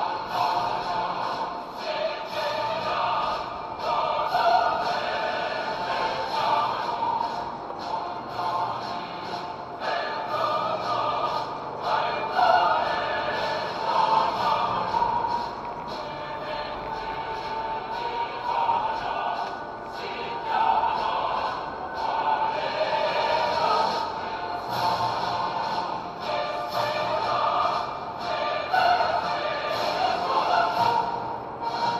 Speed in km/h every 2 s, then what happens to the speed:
36, 30, 31, 35, 31, 35, 38, 39, 34, 30, 29, 34, 34, 33, 33, 34.
0-3 slows to 30. 3-14 speeds up to 39. 14-19 slows to 29. 19-32 steady at about 33.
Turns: 5-9, 22-32.